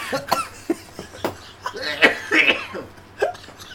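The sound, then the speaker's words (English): A person coughs repeatedly in an uneven fit, with sharp bursts and a few strained, wheezy gasps between them after a sip of tea went down the wrong way. “I'm just having a coughing fit.”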